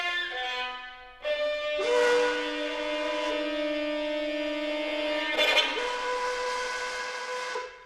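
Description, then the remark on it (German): A steam train's whistle blows as the train departs, in long, steady, chord-like tones over loud hissing steam, shifting pitch twice as bursts of hiss swell, with no voices. “Bringst du mich zur Bahn? Wann fährt dein Zug?”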